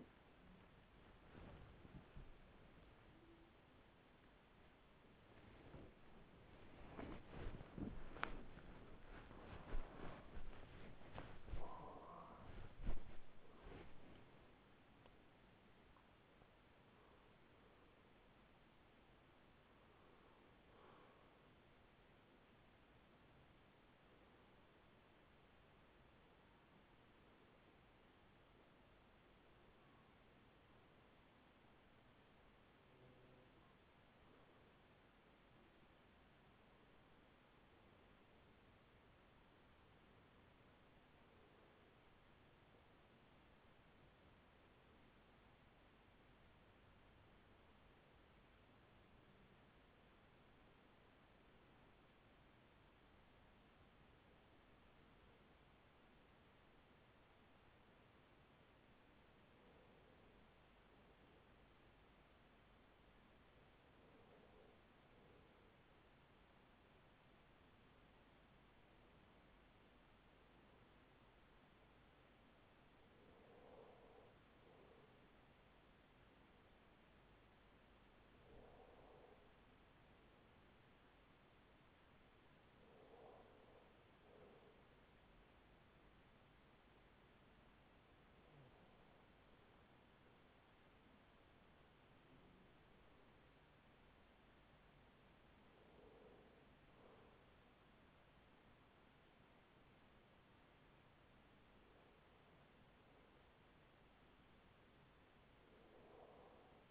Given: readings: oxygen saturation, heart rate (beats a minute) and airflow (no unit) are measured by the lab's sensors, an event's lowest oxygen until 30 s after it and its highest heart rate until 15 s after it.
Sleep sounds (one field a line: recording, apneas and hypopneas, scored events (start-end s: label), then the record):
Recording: breathing in sleep by a voice recorder at the bedside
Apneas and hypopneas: 1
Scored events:
0.00-49.00 s: awake
30.00-93.20 s: hypopnea (scored as awake, oxygen 97% highest, then 94% lowest, heart rate 48 at the start, 49 highest)
47.00-106.91 s: new sleep stage, N1 (lightest sleep)
From the record:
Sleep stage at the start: awake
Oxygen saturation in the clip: 94 to 98%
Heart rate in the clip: 39 to 78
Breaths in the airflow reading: 25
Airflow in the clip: -7.2 to 10.3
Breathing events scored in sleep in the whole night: 207 in 7.6 hours asleep